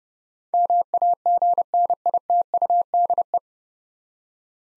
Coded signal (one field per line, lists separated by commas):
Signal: Morse code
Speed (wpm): 30 wpm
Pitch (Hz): 700 Hz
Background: none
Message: MAGNITUDE